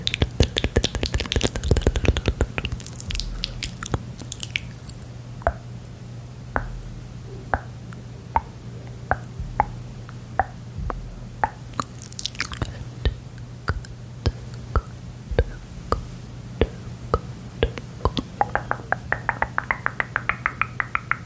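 Mouth sounds: wet clicks and smacks recur every half second or so over a low steady hum, busier and crunchier in the opening seconds.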